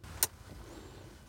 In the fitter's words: You have to put the clip back. Make sure it clicks and doesn't go up or down.